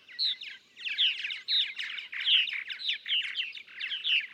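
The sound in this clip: Purple martin's warbled, chirping song in a steady, busy stream.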